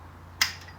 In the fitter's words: what I need to do is I need to slide in, push the little spring clip until it clicks, and do the same thing.